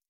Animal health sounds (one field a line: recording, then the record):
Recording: hydrophone in a shrimp aquaculture tank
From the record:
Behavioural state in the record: stressed